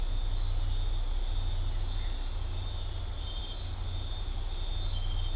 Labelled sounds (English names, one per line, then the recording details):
none
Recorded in dense forest near Puerto Asís, Putumayo, Colombia, on 15 December 2024 at 20:00
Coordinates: 0.503, -76.323
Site G043